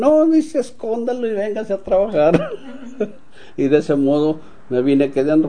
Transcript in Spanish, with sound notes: “No”, dice, “escóndalo y véngase a trabajar”. (risas) Y de ese modo me vine quedando.